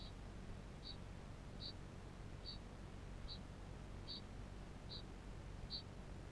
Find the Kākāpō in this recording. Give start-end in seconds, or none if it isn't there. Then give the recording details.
0.00-6.32. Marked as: faintness 3/5. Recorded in New Zealand. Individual Barnard